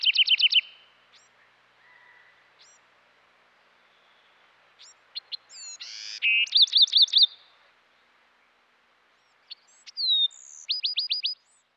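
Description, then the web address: Bewick's wren song phrases: a fast buzzy trill, scattered thin high notes, a bright rapid rattling burst near the middle, then sharp slurred notes and another quick trill near the end. Western North America. "Dan Gibson Wildlife Identification By Sound, Western North America. Bewick's Wren"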